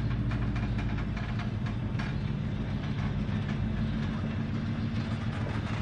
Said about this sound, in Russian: Поезд трогается, медленно набирает скорость.